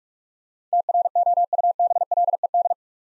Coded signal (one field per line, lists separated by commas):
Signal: Morse code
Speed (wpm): 44 wpm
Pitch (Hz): 700 Hz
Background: none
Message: TROUBLED